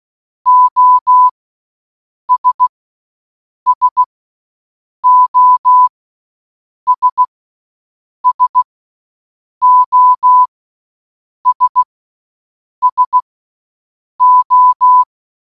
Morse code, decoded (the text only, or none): OS SOS SOS SO